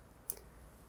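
On a 2005 Subaru Outback, the retaining pin on the new tailgate lift support strut is pushed back in after the strut's ball end has been popped onto the ball stud. A sharp, bright click at 0.3 s, with a softer tick at 0.9 s, marks the pin seating in place over a low background hum.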